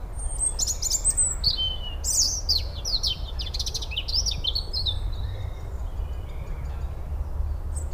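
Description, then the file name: European robin song: rapid, high, thin warbling phrases with sliding whistles and trills, changing pitch constantly, over a steady low rumble. "Erithacus rubecula"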